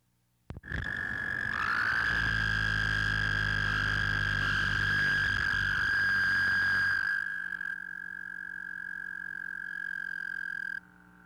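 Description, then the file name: American toad trill: one long, steady, high musical trill held for about ten seconds without a break, with a lower rumbling sound beneath its first part. Recorded 26 April 2009. "American Toad 2009 04 26"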